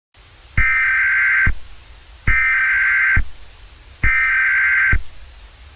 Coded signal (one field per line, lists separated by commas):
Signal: Emergency Alert System (SAME) tones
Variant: header bursts